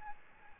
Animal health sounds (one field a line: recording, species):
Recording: mosquito wingbeat signal from an infrared sensor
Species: Aedes albopictus